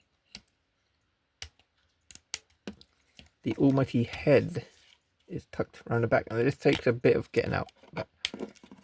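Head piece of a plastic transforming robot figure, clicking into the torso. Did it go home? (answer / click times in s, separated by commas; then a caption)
no / none. A plastic transforming robot figure is handled as its head piece is worked out from where it is tucked around the back, to be pushed into position in the torso. Sharp plastic clicks and taps come early, followed by someone talking over further small handling clicks. Nothing has seated or clicked into place yet.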